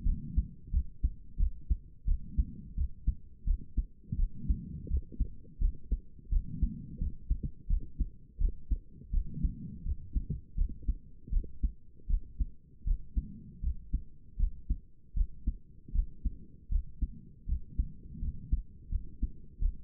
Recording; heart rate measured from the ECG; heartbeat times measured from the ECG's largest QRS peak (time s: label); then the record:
heart sounds by stethoscope; 83 bpm
0.04 s: heartbeat
0.72 s: heartbeat
1.38 s: heartbeat
2.06 s: heartbeat
2.76 s: heartbeat
3.45 s: heartbeat
4.17 s: heartbeat
4.89 s: heartbeat
5.59 s: heartbeat
6.30 s: heartbeat
6.99 s: heartbeat
7.68 s: heartbeat
8.39 s: heartbeat
9.12 s: heartbeat
9.84 s: heartbeat
10.56 s: heartbeat
11.31 s: heartbeat
12.08 s: heartbeat
12.85 s: heartbeat
13.62 s: heartbeat
14.38 s: heartbeat
15.15 s: heartbeat
15.93 s: heartbeat
16.70 s: heartbeat
17.47 s: heartbeat
18.20 s: heartbeat
18.90 s: heartbeat
19.60 s: heartbeat
From the record:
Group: healthy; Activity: rest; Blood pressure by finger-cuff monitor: 87/52 mmHg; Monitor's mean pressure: 64 mmHg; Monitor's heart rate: 84 bpm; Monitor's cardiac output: 7.1 L/min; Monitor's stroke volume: 84 mL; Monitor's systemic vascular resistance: 640 dyn s/cm5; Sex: female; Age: 22 years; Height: 163 cm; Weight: 67.1 kg